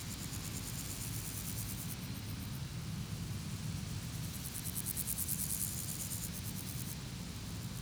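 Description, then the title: Grasshoppers give bright, finely pulsed buzzing bursts, one long and prominent in the middle, with constant traffic rumble underneath. Grasshoppers on a sunny day at Chaussée de Tervueren, Pins Noirs, Auderghem, Brussels, Belgium, with passing cars; recorded with DPA 4060 microphones in AB position into a Zoom F3. "Chaussée de Tervueren, Pins Noirs, Auderghem, Bruxelles-Capitale, 1160, Belgique - Sauterelles - Grasshoppers"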